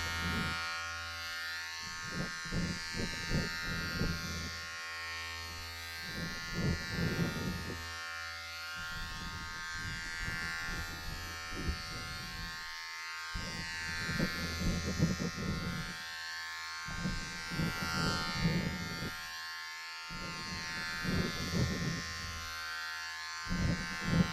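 Electric hair clippers buzz steadily throughout, a constant humming drone. Over it, rougher bursts of cutting and rustling come in short waves every few seconds, each lasting one to three seconds before easing back to the bare hum.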